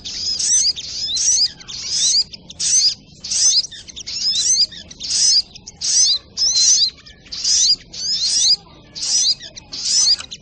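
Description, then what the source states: A Crimson Sunbird repeats shrill, buzzy twittering phrases in a steady run of many short bursts. Masteran recording for training cage birds, titled Labaik.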